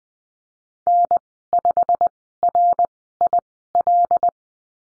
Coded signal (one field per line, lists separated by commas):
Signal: Morse code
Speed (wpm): 19 wpm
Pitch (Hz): 700 Hz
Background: none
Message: N5RIL